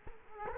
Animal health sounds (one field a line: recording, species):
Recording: mosquito wingbeat signal from an infrared sensor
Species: Culex quinquefasciatus